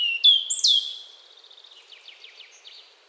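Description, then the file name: European robin song opens with high sliding whistles, then fades into a quick, soft, repeated trill of tiny notes. "Erithacus rubecula"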